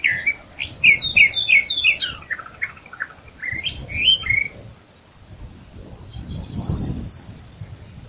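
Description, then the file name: Eastern Orphean Warbler song: a run of rich, warbling notes rising and falling over four seconds, then thin, high drawn-out notes. "sylvia crassirostris song"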